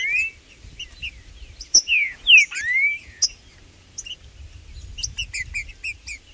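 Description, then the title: Green-winged saltator song: loud slurred whistles sweeping around mid-high pitch, some rising and some falling, mixed with quick high chirps and short ticking notes. In the bush, singing and making male challenge calls while competing with a free-living rival in a territorial dispute. "Trinca Ferro no MATO Cantando e Macheando muito com Solto! Blindado e Tufão no mato"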